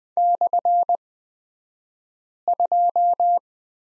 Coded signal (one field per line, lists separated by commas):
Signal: Morse code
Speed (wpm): 20 wpm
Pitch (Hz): 700 Hz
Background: none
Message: /2